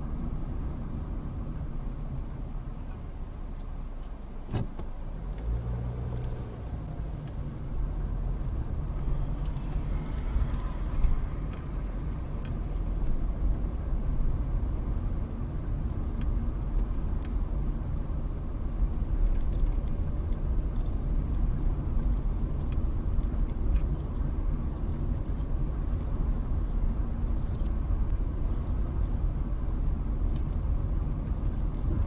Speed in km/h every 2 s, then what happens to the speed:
11, 0, 10, 15, 15, 18, 21, 23, 23, 21, 24, 23, 24, 23, 23, 23.
0-2 brakes to 0. 3-13 pulls away to 23. 13-32 steady at about 23.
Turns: 4-10.